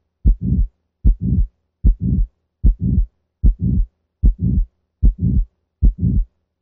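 Dog heart heard by stethoscope at the pulmonic area of a female Sheltie: a regular heartbeat at about 75 beats per minute, with a low-pitched murmur following each first heart sound.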